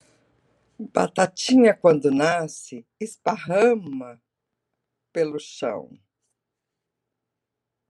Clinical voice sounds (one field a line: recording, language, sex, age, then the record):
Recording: short text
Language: Brazilian Portuguese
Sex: female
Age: 60 to 69 years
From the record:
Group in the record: control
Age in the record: 68 years